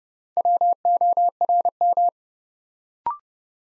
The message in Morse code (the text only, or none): WORM